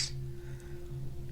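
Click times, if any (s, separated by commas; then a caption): none. A plastic transformation section of a Transformers Legacy Animated Optimus Prime action figure is handled while being pressed toward its body. A brief bright rustle at the very start gives way to a steady low hum and faint background tones. Nothing has seated or clicked yet.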